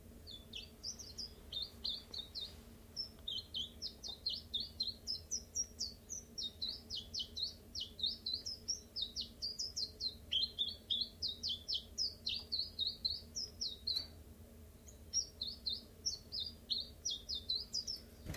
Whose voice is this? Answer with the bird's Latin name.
Phylloscopus collybita